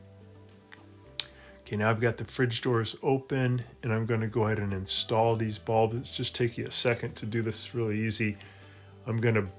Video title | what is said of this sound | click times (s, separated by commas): Stop Your Fridge Lights From Flashing Now! | And then I'll press down with my thumbs until it clicks. | 1.2 s